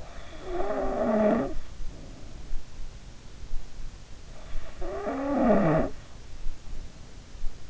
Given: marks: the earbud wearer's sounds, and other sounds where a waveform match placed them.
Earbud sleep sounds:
sounds in sleep by an in-ear microphone; snoring breath
0.00-2.63 s: snoring breath
4.41-6.08 s: snoring breath

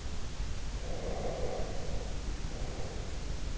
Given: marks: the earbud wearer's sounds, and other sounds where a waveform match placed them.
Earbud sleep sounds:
sounds in sleep by an in-ear microphone; breath
0.80-3.40 s: breath

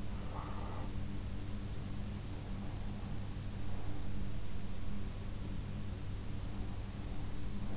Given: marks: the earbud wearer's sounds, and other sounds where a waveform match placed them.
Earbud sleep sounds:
sounds in sleep by an in-ear microphone; breath
0.16-1.25 s: breath

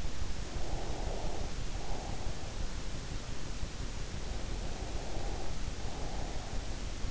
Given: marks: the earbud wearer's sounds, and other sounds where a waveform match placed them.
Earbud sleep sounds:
sounds in sleep by an in-ear microphone; breath
0.28-2.57 s: breath
4.48-6.45 s: breath

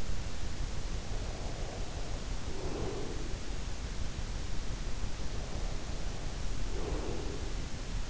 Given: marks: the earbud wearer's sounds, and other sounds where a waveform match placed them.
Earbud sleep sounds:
sounds in sleep by an in-ear microphone; breath
1.07-3.79 s: breath
5.50-8.09 s: breath

